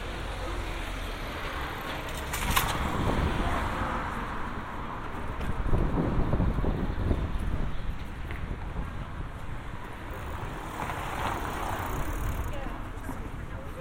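Steady street ambience with passing vehicles and traffic rumble, faint voices now and then, and brief sharper sounds near two and six seconds.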